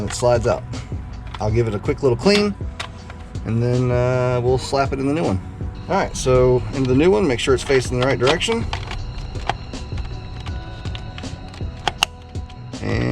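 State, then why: Seated. A dash switch/trim piece taken from the old factory dash trim of a 2015 Tacoma is turned to face the right direction and pressed into the new plastic trim bezel for an aftermarket Joying head unit, while someone talks over background music. Two sharp clicks at 11.9 s and 12.0 s show the piece has seated in the new bezel.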